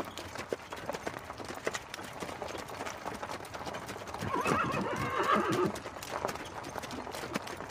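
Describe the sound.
Horse whinnying: a loud, shaky neigh of about a second and a half midway through, with hoof clops and rustling throughout.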